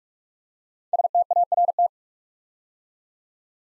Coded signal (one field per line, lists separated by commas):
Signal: Morse code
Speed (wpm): 44 wpm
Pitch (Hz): 700 Hz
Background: none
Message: START